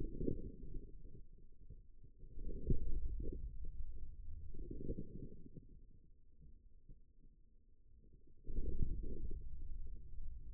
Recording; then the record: forearm muscle sounds (acoustic myography)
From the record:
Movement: inward rotation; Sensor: system 2, bracelet of six BSWA MPA416 microphones around the upper forearm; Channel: 6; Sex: male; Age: 22 years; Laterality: right